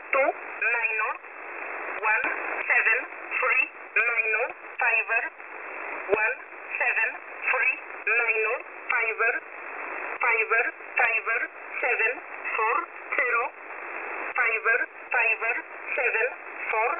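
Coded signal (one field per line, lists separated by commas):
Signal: numbers station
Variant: E11a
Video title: E11a Message 06/03/2023 1045 UTC 10200kHz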